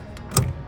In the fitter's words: there's a lever. You can hear it click.